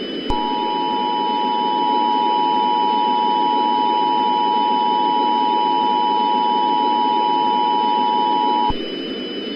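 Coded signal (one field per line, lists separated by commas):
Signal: Emergency Alert System (SAME) tones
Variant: 853 and 960 Hz attention tone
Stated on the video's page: Fictional EAS scenario about a lunar eclipse, not a real alert.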